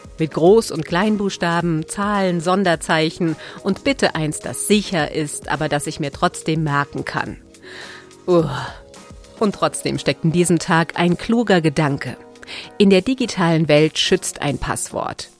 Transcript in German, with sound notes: Mit Groß- und Kleinbuchstaben, Zahlen, Sonderzeichen – und bitte eins, das sicher ist, aber das ich mir trotzdem merken kann. (seufzen) Und trotzdem steckt in diesem Tag ein kluger Gedanke. In der digitalen Welt schützt ein Passwort.